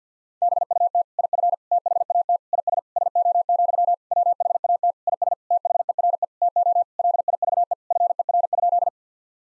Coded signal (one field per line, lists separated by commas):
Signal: Morse code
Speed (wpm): 50 wpm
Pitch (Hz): 700 Hz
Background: none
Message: BUT IF THAT IS SO, WHAT IS THERE TO LIVE FER?